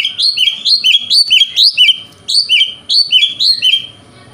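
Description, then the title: Oriental magpie-robin singing a fast series of bright, rising whistles, repeated roughly twice a second with short breaks. "Kacer Konslet Bikin Kacer Lain"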